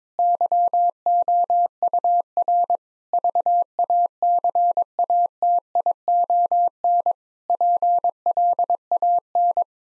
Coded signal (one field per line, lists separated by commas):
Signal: Morse code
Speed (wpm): 22 wpm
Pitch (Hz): 700 Hz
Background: none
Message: YOUR VACATION PLAN